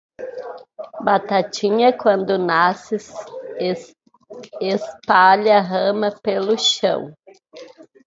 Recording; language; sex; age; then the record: short text; Brazilian Portuguese; female; 50 to 59 years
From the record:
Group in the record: control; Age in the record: 51 years